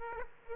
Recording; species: mosquito wingbeat signal from an infrared sensor; Aedes aegypti